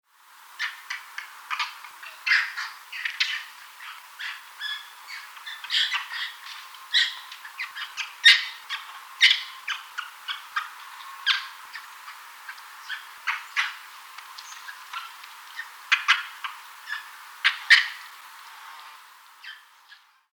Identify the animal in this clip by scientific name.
Macaca sylvanus